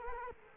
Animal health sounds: mosquito wingbeat signal from an infrared sensor; Culex quinquefasciatus

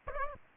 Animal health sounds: mosquito wingbeat signal from an infrared sensor; Aedes aegypti

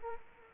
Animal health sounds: mosquito wingbeat signal from an infrared sensor; Culex quinquefasciatus

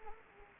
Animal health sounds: mosquito wingbeat signal from an infrared sensor; Anopheles gambiae

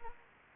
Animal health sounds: mosquito wingbeat signal from an infrared sensor; Anopheles gambiae

